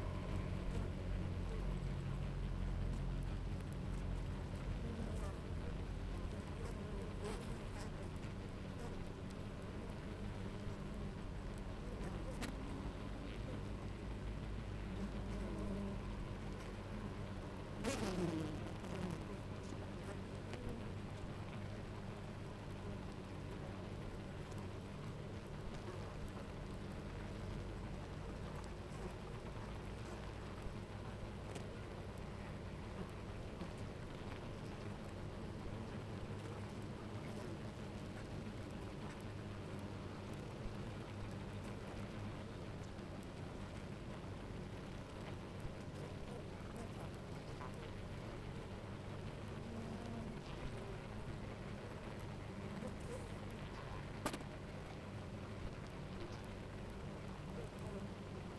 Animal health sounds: honeybee colony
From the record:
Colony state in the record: active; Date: 28 July 2017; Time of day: 10:10

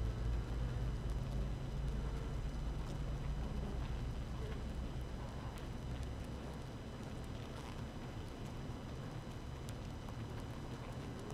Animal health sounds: honeybee colony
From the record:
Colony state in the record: active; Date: 12 June 2018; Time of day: 6:43

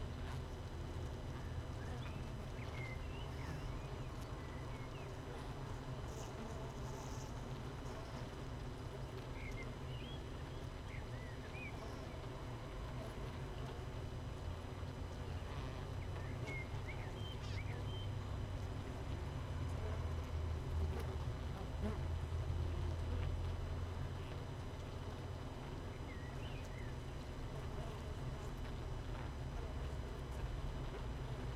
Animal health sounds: honeybee colony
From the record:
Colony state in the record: missing queen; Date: 31 May 2018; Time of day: 6:57

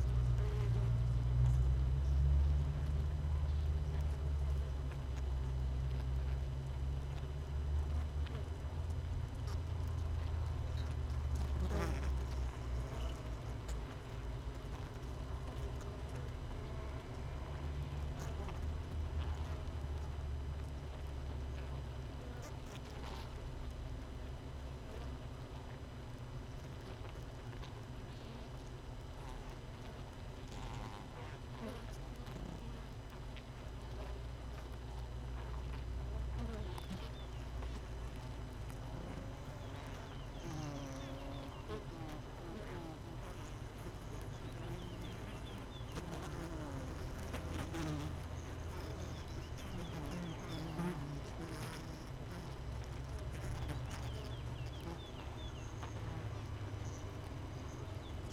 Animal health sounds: honeybee colony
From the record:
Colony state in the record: missing queen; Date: 31 May 2018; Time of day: 5:56

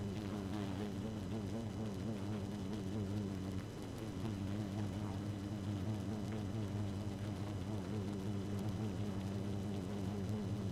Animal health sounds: honeybee colony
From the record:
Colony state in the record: active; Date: 12 June 2018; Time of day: 0:12

